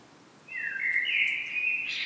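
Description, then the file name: Common blackbird singing one sustained fluted phrase that starts after half a second, wavering in pitch and rising slightly at its end. "Turdus merula"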